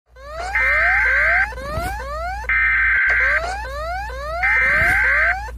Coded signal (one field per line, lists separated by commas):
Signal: Emergency Alert System (SAME) tones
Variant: header bursts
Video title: Rating EAS alarms (part 6) #memes #shorts